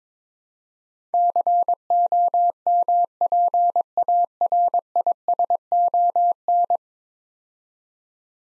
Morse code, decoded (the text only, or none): COMPARISON